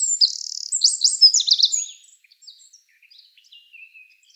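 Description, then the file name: Eurasian wren song ending in a quick rattle of high notes, followed by a few soft, faint scattered chirps. "Troglodytes troglodytes"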